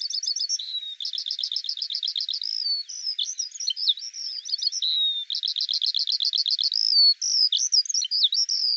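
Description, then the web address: Eurasian skylark song: an unbroken, high, rapid warble with fast buzzy trills repeated in bursts between twittering, scratchy phrases. "Deverinetal 2025 File cleaned normalized Bird Al Ar"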